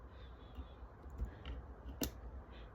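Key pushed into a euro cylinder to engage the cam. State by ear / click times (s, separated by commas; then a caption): seated / 2.0 s. After a euro lock cylinder has been bumped open, a metal key is pushed firmly into it to engage the cam. Quiet handling sounds lead up to a sharp click at 2.0 s as the cam engages and the key seats.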